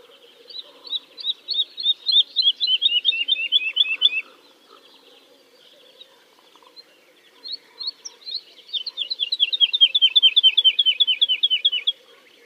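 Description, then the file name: Woodlark song: two quick, descending phrases of repeated liquid notes, each lasting about four seconds and separated by a pause of several seconds. "kicau master woodlark omkicau"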